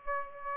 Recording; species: mosquito wingbeat signal from an infrared sensor; Aedes aegypti